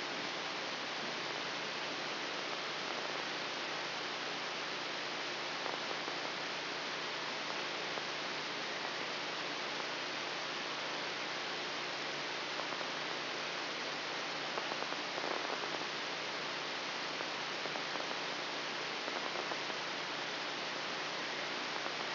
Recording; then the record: brain microelectrode recording played as sound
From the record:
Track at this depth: outside the subthalamic nucleus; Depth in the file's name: 5.305 mm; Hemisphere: left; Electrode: 3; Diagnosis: Parkinson's disease